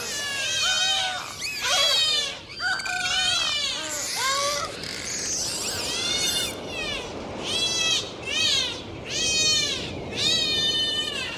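Dolphins whistling: many overlapping rising and falling tonal whistles, some wavering and looping, in rapid bursts over a steady background hiss.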